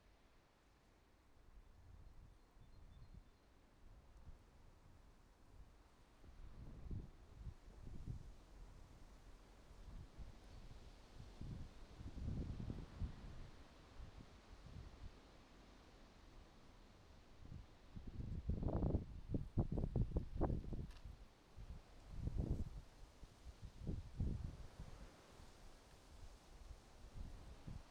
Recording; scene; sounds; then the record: everyday scene through a hearing-aid microphone; wind on the microphone; wind, traffic, birds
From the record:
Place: suburban garden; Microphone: in the ear canal, right